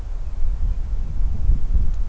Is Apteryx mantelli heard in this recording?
no